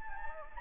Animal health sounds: mosquito wingbeat signal from an infrared sensor; Anopheles gambiae

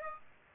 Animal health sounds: mosquito wingbeat signal from an infrared sensor; Aedes aegypti

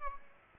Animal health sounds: mosquito wingbeat signal from an infrared sensor; Aedes aegypti

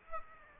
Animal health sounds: mosquito wingbeat signal from an infrared sensor; Aedes aegypti

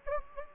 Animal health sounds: mosquito wingbeat signal from an infrared sensor; Anopheles gambiae

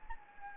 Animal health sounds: mosquito wingbeat signal from an infrared sensor; Anopheles gambiae

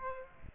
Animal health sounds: mosquito wingbeat signal from an infrared sensor; Aedes aegypti

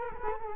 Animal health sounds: mosquito wingbeat signal from an infrared sensor; Culex quinquefasciatus

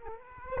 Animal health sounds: mosquito wingbeat signal from an infrared sensor; Aedes aegypti

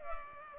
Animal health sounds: mosquito wingbeat signal from an infrared sensor; Culex pipiens

